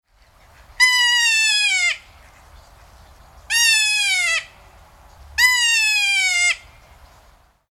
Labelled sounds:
Red-crowned Crane (Grus japonensis)
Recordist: Tembrock, Günter
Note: Rufe eines Jungvogels

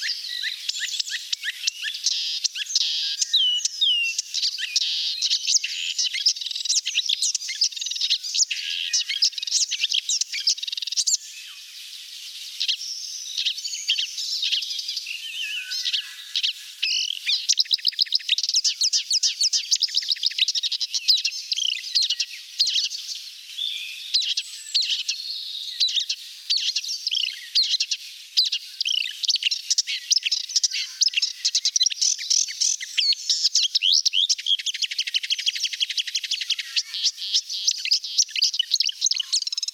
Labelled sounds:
Marsh Warbler (Acrocephalus palustris) song
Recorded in the wild
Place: Gottenheim / Freiburg im Breisgau, Baden-Württemberg, DE
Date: 1989-06-10
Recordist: Schwarz, Dieter

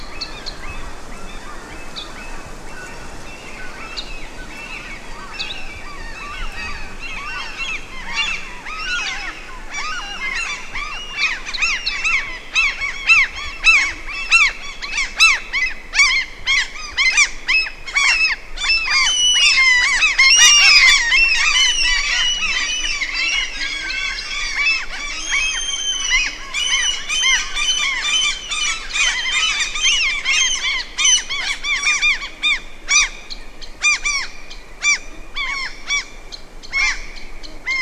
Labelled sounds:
Green Sandpiper (Tringa ochropus) call
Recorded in the wild
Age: adult
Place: Halbinsel Kindo, Karelien, RU
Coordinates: 66.5353, 33.0664
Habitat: lake
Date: 1994-06-23 16:47
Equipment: Sony TCD-D3, Sennheiser ME 80, K 30 AV (I), Windschutz
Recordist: Frommolt, Karl-Heinz

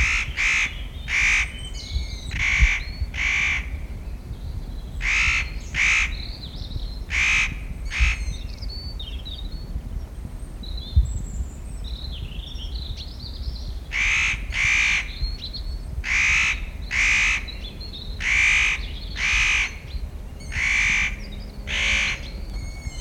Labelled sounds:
Spotted Nutcracker (Nucifraga caryocatactes)
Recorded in the wild
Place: Mirnock, Nockberge, Kärnten, AT
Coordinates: 46.758, 13.7144
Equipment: Uher 4000
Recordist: Brunner, Thomas

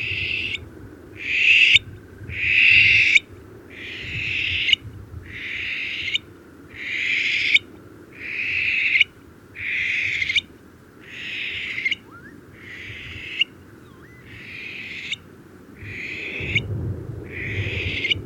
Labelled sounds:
Eurasian Stone-curlew (Burhinus oedicnemus) call
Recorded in the wild
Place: Istria, Dobrogea, RO
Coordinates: 44.57, 28.712
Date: 1976-06-03
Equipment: Nagra III BH, Sennheiser MD 21, parabola
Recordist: Schubert, Michael

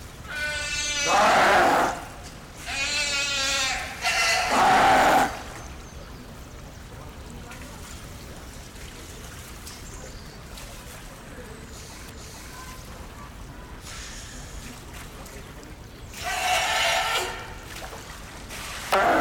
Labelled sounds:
Brown Fur Seal (Arctocephalus pusillus) call
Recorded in captivity
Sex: group
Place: Zoo Berlin, Berlin, DE
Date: 1996-01-12 10:24
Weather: bedeckt, um 0°C
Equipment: Marantz CP 430, Sennheiser ME 80, Kopie Uher 4000 Report Monitor
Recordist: Tembrock, Günter

